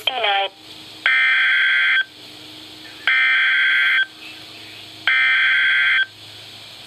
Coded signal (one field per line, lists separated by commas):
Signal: Emergency Alert System (SAME) tones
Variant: header bursts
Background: speech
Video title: Flash Flood Warning (EAS #117)